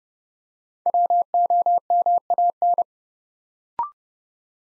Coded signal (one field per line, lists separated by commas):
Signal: Morse code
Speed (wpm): 30 wpm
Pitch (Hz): 700 Hz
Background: none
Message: WOMAN